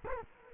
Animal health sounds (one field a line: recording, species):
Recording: mosquito wingbeat signal from an infrared sensor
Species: Culex quinquefasciatus